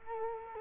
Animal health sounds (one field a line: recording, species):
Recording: mosquito wingbeat signal from an infrared sensor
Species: Culex quinquefasciatus